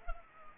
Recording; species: mosquito wingbeat signal from an infrared sensor; Culex pipiens